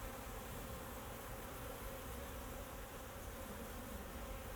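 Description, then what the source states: Steady bee buzzing, a full continuous hum with no breaks, layered over low rumbling noise. Bees flying around the recordist in Jacques Brelpark, Kersbeeklaan, Vorst, Belgium; train in background; recorded binaurally with a Sennheiser Ambeo binaural headset.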